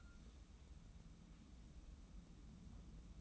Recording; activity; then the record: daily activity, microphone in the room; take from stove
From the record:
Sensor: 1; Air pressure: 994.4 hPa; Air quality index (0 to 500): 230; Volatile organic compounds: 1000 ppm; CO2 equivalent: 8282 ppm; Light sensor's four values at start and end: 140/322/143/158 and 141/323/144/158